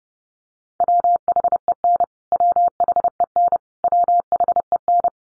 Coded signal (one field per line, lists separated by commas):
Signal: Morse code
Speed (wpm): 30 wpm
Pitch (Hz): 700 Hz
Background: none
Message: WHEN WHEN WHEN